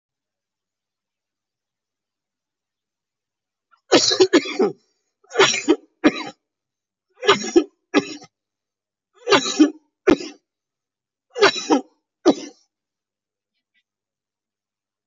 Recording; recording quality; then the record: heavy voluntary cough; excellent, no background noise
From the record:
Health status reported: COVID-19 positive, moderate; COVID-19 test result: positive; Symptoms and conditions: cough, cold, breathing difficulty, sore throat, fever, fatigue, diabetes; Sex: male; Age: 45 years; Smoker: not ticked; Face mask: worn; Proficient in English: yes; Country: India